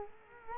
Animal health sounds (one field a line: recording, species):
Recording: mosquito wingbeat signal from an infrared sensor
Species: Culex quinquefasciatus